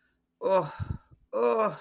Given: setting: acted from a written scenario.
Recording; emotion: vocal sound without words; sadness